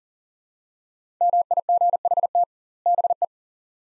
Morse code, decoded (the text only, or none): MIGHT BE